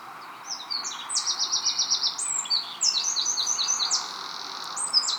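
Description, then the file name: Eurasian wren singing a fast, high, ringing song of rapid trills and sharp notes, in repeated runs almost throughout. "Troglodytes troglodytes"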